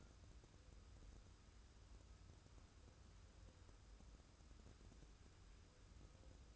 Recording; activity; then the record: daily activity, microphone in the room; wipe stove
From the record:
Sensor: 2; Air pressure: 994.4 hPa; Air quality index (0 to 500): 214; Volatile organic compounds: 1000 ppm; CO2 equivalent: 7075 ppm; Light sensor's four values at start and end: 136/324/137/142 and 135/322/136/141